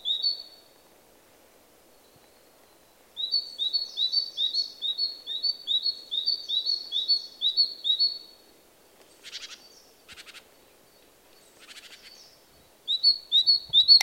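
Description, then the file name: Great tit delivering a long run of repeated two-note whistles, then scattered scratchy bursts, before singing briefly again at the end. "Parus major"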